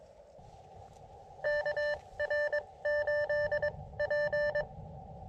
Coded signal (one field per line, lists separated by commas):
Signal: Morse code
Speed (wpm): 22 wpm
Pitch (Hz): 1750 Hz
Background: none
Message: KR8P